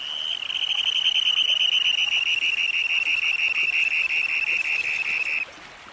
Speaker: This beautiful little russet and black and white Dunlin that is flying by issues a harsh ringing scream as it returns to Earth from its display flight.